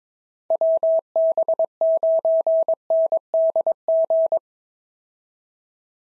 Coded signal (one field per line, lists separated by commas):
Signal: Morse code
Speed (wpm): 22 wpm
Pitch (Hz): 650 Hz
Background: none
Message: WB9NDG